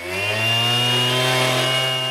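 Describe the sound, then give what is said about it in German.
A loud, steady whining stone saw grinding through hard rock, its high harmonic drone holding constant pitch with a rough, gritty edge and no voices, as a volunteer cuts rock at a dinosaur fossil excavation in El Manzano, Patagonian desert. “Das jaulende Geräusch einer Steinsäge durchbricht die lautlose Stille der patagonischen Wüste.”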